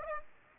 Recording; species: mosquito wingbeat signal from an infrared sensor; Aedes aegypti